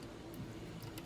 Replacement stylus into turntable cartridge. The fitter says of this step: so the new one just clicked into place like this